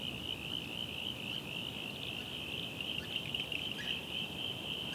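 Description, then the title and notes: Frog chorus: a continuous high buzzing trill runs throughout without pause, over broad low rumbling noise like surf. Frogs' dusk chorus at a local swamp on Phillip Island, starting up for the night after the last birds of the day; waves crashing on a nearby surf beach; recorded spring 2021. "The dusk chorus at our local swamp on Phillip Island. Starts with the last birds of the day before the frogs start up for the night. Recorded in Spring 2021."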